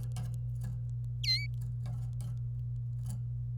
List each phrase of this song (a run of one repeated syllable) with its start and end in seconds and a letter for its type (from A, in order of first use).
1.24-1.46 A